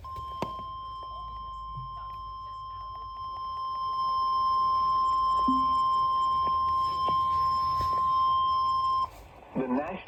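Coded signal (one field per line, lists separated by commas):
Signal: Emergency Alert System (SAME) tones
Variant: 1050 Hz attention tone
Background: speech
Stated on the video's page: Real EAS alerts.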